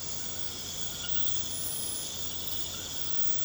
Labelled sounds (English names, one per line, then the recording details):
none
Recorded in pastures near Puerto Asís, Putumayo, Colombia, on 24 March 2025 at 23:30
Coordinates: 0.472, -76.329
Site G074